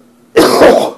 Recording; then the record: coughing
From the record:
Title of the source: Coughing 77